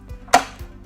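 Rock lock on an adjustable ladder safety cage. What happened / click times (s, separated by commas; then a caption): The metal lock snapped into place / 0.4 s. With the bottom of a Little Giant adjustable ladder safety cage in position, its metal rock locks are locked back into the rung holes. A single sharp, loud metallic hit sounds at 0.35 s as the rock locks seat in place, with faint softer knocks around 0.1 s and 0.6 s.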